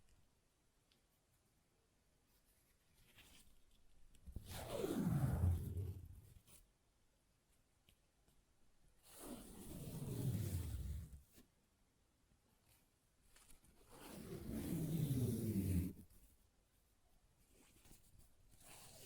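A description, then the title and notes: Paper being torn in three long rips, near 5, 10 and 15 seconds, each lasting about two seconds with a rasping, crackly texture that swells and fades. Between the tears there are quiet gaps with only faint scattered rustles and ticks. ASMR Paper Ripping Tearing Sounds (No Talking).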